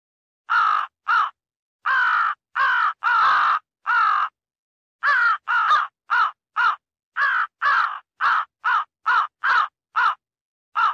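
Crow giving harsh, hoarse caws in quick series, short bursts spaced under a second apart, with a brief pause near four seconds before the calling resumes steadily; nothing else heard.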